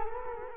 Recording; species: mosquito wingbeat signal from an infrared sensor; Culex quinquefasciatus